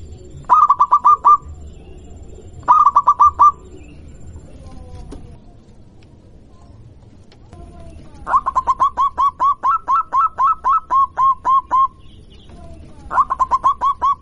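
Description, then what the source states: Zebra dove song: short bursts of rapid, even-pitched staccato coo notes, two brief phrases followed by a long run of notes and then another short phrase, with low background hum. Local strain of zebra dove.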